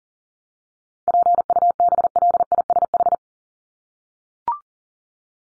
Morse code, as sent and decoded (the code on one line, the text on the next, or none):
.--. ..- -... .-.. .. ... ....
PUBLISH